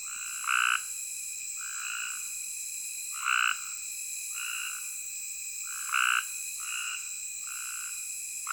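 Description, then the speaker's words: Cope's gray tree frog chorus: short grating trills alternating between a louder frog and softer ones, each burst under a second, steady insect drone behind. Small group calling at night from thick vegetation in a dry ditch near a prairie campground close to the Kansas border, late summer, outside breeding season, sounding almost the same as at breeding ponds. "Not far down the road from the campground, I discover a small group of Cope's gray tree frogs sounding off from thick vegetation in a dry ditch."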